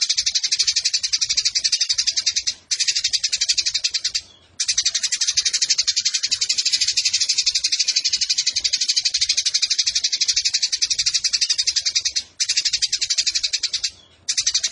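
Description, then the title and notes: Eurasian tree sparrow giving a long, dense, buzzy chatter of rapid high notes, broken by a few brief pauses. Indonesian burung gereja; fighting (tarung) sparrow giving long 'nembak' bursts with a clear voice, used as a master recording for training competition birds. "GEREJA TARUNG NEMBAK PANJANG SUARA JERNIH MASTERAN WAJIB BURUNG LOMBA. Burung Gereja"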